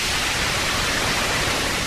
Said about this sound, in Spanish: De la tele salía un sonido como de mala conexión.